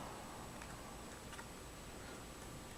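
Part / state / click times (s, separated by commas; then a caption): hard drive connecting into laptop drive bay connector / not seated / none. A laptop hard drive is handled as it is brought up to its connector in the laptop drive bay, with faint soft ticks and taps over a steady low background. A sharp transient is heard at 2.8 s, right at the end of the clip, but nothing has seated or clicked into place yet.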